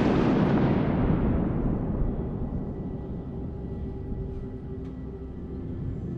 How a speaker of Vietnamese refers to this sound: Ngoài trời đang quang đãng mây tạnh thì bỗng dưng mây đen kéo đến mịt mù, sấm chớp nổi lên ầm ầm, xé nát cả bầu trời trong vốn dĩ bao trùm cả ngôi làng nhỏ bé vốn không yên bình.